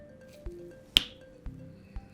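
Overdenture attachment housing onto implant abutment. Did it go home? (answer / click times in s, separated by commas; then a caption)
yes / 1.0 s. A Novaloc overdenture housing with its retention insert is pressed down onto an implant abutment and snaps home with one sharp, loud click at 1.0 s over background music, with fainter ticks near 0.5, 1.5 and 2.0 s. The housing is seated with a strong snap.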